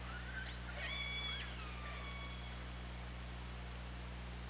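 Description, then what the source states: Killer whale call, a strong harmonic squeal that rises, holds and drops within about two seconds, then quiet hum and hiss. Underwater hydrophone at OrcaLab, 24 August 2017, 20:45:57.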